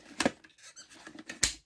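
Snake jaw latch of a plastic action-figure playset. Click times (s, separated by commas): 1.4 s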